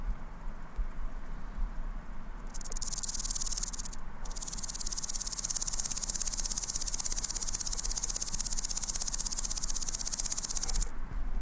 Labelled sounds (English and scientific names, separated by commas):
Common Green Grasshopper (Omocestus viridulus) stridulation